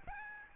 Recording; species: mosquito wingbeat signal from an infrared sensor; Aedes albopictus